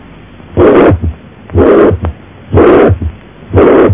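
Regular heartbeat at about 61 per minute. Each beat carries a steady blowing murmur that fills systole, followed by low thuds of the second and an extra third heart sound. This is the regurgitant systolic murmur of mitral regurgitation, loudest at the apex, radiating to the axilla.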